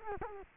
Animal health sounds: mosquito wingbeat signal from an infrared sensor; Culex quinquefasciatus

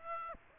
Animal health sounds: mosquito wingbeat signal from an infrared sensor; Aedes aegypti

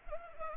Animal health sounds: mosquito wingbeat signal from an infrared sensor; Culex pipiens

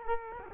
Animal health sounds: mosquito wingbeat signal from an infrared sensor; Culex quinquefasciatus

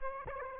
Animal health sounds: mosquito wingbeat signal from an infrared sensor; Aedes aegypti

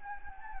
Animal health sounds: mosquito wingbeat signal from an infrared sensor; Anopheles gambiae

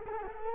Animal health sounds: mosquito wingbeat signal from an infrared sensor; Culex quinquefasciatus

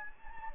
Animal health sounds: mosquito wingbeat signal from an infrared sensor; Anopheles gambiae

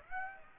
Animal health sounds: mosquito wingbeat signal from an infrared sensor; Aedes aegypti

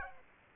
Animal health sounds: mosquito wingbeat signal from an infrared sensor; Aedes aegypti

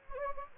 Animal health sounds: mosquito wingbeat signal from an infrared sensor; Anopheles gambiae

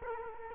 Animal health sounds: mosquito wingbeat signal from an infrared sensor; Culex quinquefasciatus

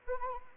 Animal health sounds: mosquito wingbeat signal from an infrared sensor; Anopheles arabiensis

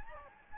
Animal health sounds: mosquito wingbeat signal from an infrared sensor; Anopheles gambiae

